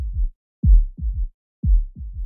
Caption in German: Der sogenannte Galopprhythmus. Das ist ein Herzton, der nur dann auftritt, wenn das Herz wirklich unter Stress steht. Und das können wir im Ultraschall nicht erfassen, sondern das hören wir tatsächlich nur mit unseren Ohren.